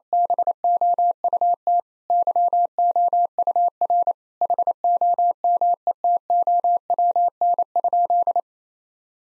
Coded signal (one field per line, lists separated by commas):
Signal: Morse code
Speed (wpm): 28 wpm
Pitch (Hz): 700 Hz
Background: none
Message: BOUT YOUR HOMETOWN?